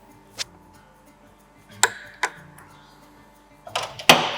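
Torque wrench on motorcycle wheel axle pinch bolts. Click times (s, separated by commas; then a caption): 4.1 s. A torque wrench set to 8.5 Nm tightens the steel pinch bolts on a motorcycle front axle, with sharp metallic ticks at about 0.4, 1.8 and 2.2 seconds and a short cluster near 3.7 seconds. The wrench gives a loud click at 4.1 seconds, showing the bolts have reached the set torque, and tightening stops.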